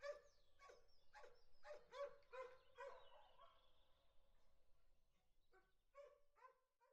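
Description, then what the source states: Dogs barking in quick irregular bursts, with a thin wavering tone in the background partway through. Dogs recorded together with a car.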